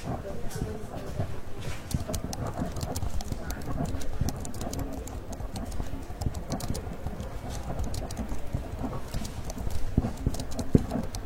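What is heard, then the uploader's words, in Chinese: Library ambience with a steady low murmur, dotted throughout by irregular quick taps and clicks like typing, writing and occasional page rustles. 公共图书馆沉浸式学习 图书馆环境音 打字声 写字翻书。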